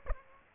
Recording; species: mosquito wingbeat signal from an infrared sensor; Aedes aegypti